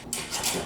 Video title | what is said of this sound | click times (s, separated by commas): Alto-Shaam Prodigi Pro Combi Oven Demonstration | like so okay once it locks into place now the water will spray | 0.1 s